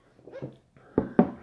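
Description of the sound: Two abrupt, sharp voiced gulps about a fifth of a second apart, after a softer sound: an adult hiccupping mid-conversation.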